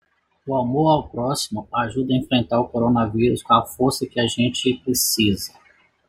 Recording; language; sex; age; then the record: spoken sentence; Brazilian Portuguese; male; 40 to 49 years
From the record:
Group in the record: control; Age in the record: 49 years